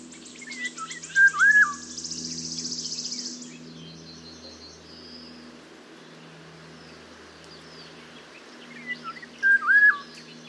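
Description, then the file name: Eurasian golden oriole song: two rich fluted whistled phrases about eight seconds apart, with a high buzzy trill between them. "Mathias Ritschard - Obyknovennaya ivolga Oriolus oriolus"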